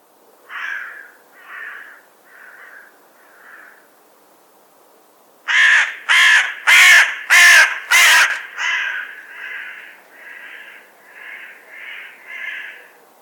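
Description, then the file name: Carrion crow cawing in a series of harsh calls, four softer caws, then five loud rasping caws about every half second, trailing into quieter repeated caws. "Corvus corone"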